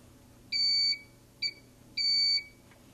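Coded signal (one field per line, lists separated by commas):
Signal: beep code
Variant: IntelliStitch Turbo cl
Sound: three high-pitched electronic beeps: long, short, long, in a quiet room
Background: quiet room hum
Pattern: 1 long, 1 short, 1 long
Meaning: Long short long means the speed setting is plus five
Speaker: it was long short long and if i look at my little morse code here mine is here long short long so it's plus five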